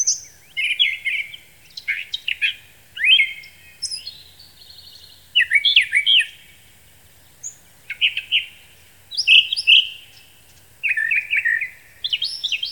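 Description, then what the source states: Brown thrasher singing varied whistled and slurred phrases in short bursts, several notes doubled, separated by brief pauses over about thirteen seconds. Nominate subspecies Toxostoma rufum rufum.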